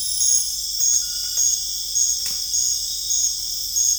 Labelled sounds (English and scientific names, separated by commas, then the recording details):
none
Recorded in dense forest near Puerto Asís, Putumayo, Colombia, on 20 December 2024 at 21:30
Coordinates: 0.484, -76.325
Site G056